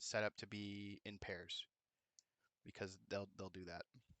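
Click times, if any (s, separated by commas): none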